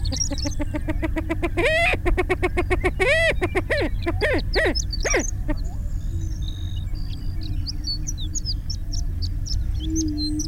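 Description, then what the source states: Greater prairie chicken giving loud, harmonic cackles and rising whoops in quick bursts, followed by faint high notes. Flushed.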